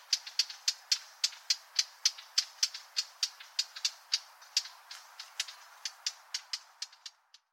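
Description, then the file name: Eurasian blackcap giving a long series of hard, dry tacking notes, several each second, fading toward the end. "Sylvia atricapilla"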